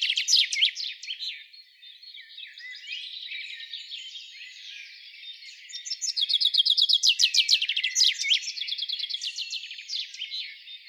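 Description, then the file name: Common chaffinch singing rapid trill phrases closed by a quick flourish; a loud strophe at the start, softer song in between, then another strong phrase after the middle. "Fringilla coelebs"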